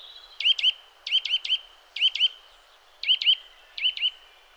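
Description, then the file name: Eurasian nuthatch calls: sharp, high notes in quick groups of two to four, bursts repeated roughly every second over a quiet background. "Sitta europaea"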